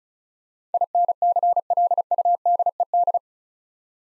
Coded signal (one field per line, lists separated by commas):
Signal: Morse code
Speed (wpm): 36 wpm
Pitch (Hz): 700 Hz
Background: none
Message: INCLUDED